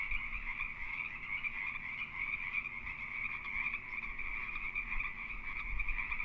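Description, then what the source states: Pacific treefrog chorus, many overlapping croaks forming a steady buzzing wall of sound, with faint low rumbles now and then. Several Pacific treefrogs calling during the mating season.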